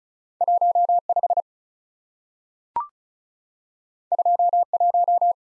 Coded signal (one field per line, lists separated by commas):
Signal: Morse code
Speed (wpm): 36 wpm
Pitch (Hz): 700 Hz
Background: none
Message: 1 5 2 1